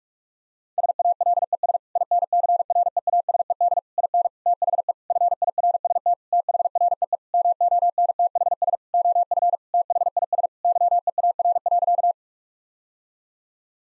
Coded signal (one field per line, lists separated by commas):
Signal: Morse code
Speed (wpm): 41 wpm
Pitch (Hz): 700 Hz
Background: none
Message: SALES INCREASED IN THE FIRST THREE MONTHS OF THIS YEAR.